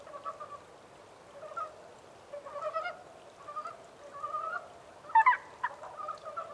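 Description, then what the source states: Montane brown frog calls: soft gurgling croaks in loose runs, with a louder, sharper burst of notes near the end. 14 April 2010.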